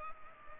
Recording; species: mosquito wingbeat signal from an infrared sensor; Culex pipiens